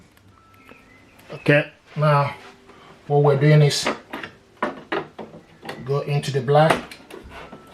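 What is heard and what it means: A black plastic ink cartridge is handled at its slot in the carriage of an HP OfficeJet 8015e printer while someone talks, with a few short plastic knocks and taps around 4.1 to 5.7 seconds. The clip ends before the cartridge goes in; nothing has seated or clicked yet.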